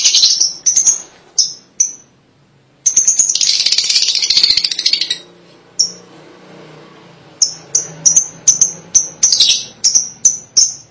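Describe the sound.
Lovebird calls: sharp, high shrill chirps repeated in quick series, with bursts of harsh, buzzy chattering in between and short silent gaps.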